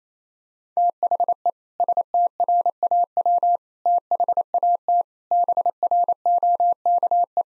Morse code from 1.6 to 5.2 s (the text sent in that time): STRAW THAT